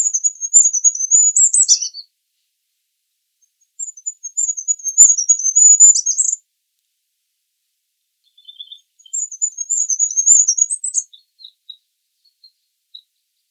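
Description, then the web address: Bird calling in three high, thin twittering phrases, each about two seconds long, separated by short silent pauses. "Bird Only"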